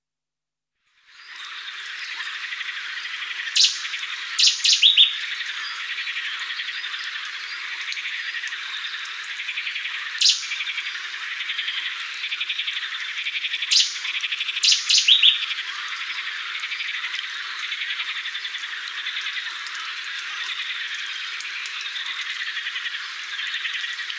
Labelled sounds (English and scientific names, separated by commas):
Cetti's Warbler (Cettia cetti) song